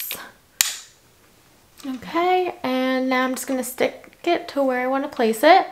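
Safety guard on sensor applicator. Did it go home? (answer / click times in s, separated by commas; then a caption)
released / 0.6 s. A plastic safety guard snaps off a Dexcom G6 sensor applicator with one loud, sharp snap at 0.6 s. The guard is released, and after a short pause someone talks.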